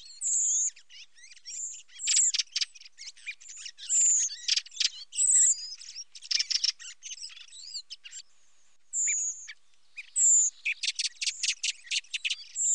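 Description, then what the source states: Common blackbird calls: repeated high thin seee whistles alternating with rapid dry clicking chatters and scratchy notes throughout, no low sounds. Recorded at Sassello; recording filtered.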